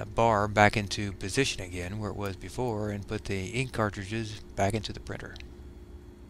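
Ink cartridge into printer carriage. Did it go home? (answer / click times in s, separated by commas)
no / none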